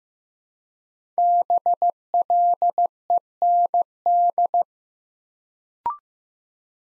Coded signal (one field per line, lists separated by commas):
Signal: Morse code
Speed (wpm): 15 wpm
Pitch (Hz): 700 Hz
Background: none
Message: BLEND